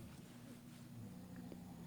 Snoring in the background.